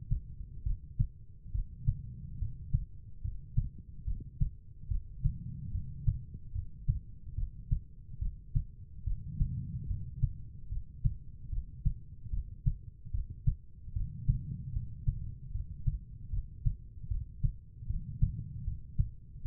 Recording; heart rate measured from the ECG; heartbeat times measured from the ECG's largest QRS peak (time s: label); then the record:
heart sounds by stethoscope; 73 bpm
0.63 s: heartbeat
1.52 s: heartbeat
2.38 s: heartbeat
3.21 s: heartbeat
4.04 s: heartbeat
4.88 s: heartbeat
5.71 s: heartbeat
6.52 s: heartbeat
7.35 s: heartbeat
8.19 s: heartbeat
9.04 s: heartbeat
9.87 s: heartbeat
10.69 s: heartbeat
11.49 s: heartbeat
12.30 s: heartbeat
13.11 s: heartbeat
13.93 s: heartbeat
14.73 s: heartbeat
15.51 s: heartbeat
16.30 s: heartbeat
17.08 s: heartbeat
17.87 s: heartbeat
18.64 s: heartbeat
19.42 s: heartbeat
From the record:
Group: healthy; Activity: rest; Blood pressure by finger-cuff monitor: 106/70 mmHg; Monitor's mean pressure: 85 mmHg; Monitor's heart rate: 73 bpm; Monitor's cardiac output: 5.6 L/min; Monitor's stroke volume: 79 mL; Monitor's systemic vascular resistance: 1080 dyn s/cm5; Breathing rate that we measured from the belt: 15 breaths a minute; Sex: female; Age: 43 years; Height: 160 cm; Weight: 90 kg